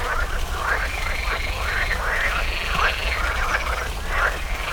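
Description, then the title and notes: Frogs giving overlapping rattling croaks in quick succession, above a low steady rumble. Frogs in a small pond at the Orto Botanico botanical garden, Bologna, Italy, 5 July 2018; croaking noted on spring mornings. "05.07.18 Rane allOrto Botanico. There is also a small pond populated with frogs croaking on spring mornings. Recorded for the Zona U sound mapping project"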